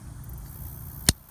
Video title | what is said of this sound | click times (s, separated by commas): Fishing 7/3/2017 | just snaps into place. | 1.1 s